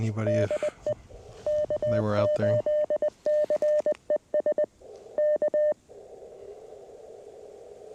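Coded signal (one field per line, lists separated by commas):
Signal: Morse code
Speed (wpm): 21 wpm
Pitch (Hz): 600 Hz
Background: speech, radio noise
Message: DE K8CES K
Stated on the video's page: CW sent with a 1928 Vibroplex Lightning bug during a cold-weather QRP park activation; imperfect bug fist.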